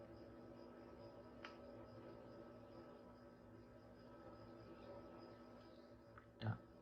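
A plastic gear that had been put in reversed is turned the right way and refitted into a plastic toy gearbox over a steady low background hum. A faint tap sounds at 1.5 s, then a short click at 6.2 s as the gear assembly locks in place, followed by a louder knock at 6.4 s.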